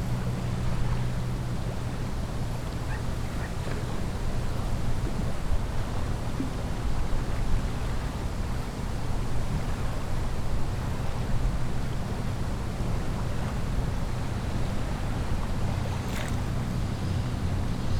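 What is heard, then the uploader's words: Lake water laps steadily under a constant low engine-like drone, with faint scattered clicks and a brief bright sound near sixteen seconds. A Calm Day At The Lake. Water and nature sounds.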